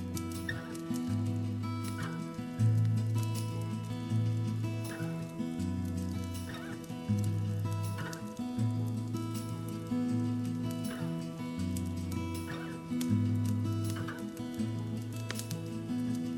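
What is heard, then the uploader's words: Gentle music plays steadily, with soft low notes that shift every second or two over a sustained warm chord. A fire crackles throughout, with frequent sharp snaps and pops scattered irregularly across the whole clip. The crackling of a fire and gentle music. Gentle MUSIC and Crackling FIRE.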